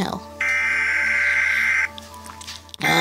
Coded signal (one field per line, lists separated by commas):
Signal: Emergency Alert System (SAME) tones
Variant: header bursts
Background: speech